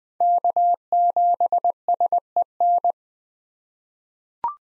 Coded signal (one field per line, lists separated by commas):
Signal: Morse code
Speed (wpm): 20 wpm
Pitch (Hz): 700 Hz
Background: none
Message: K7SEN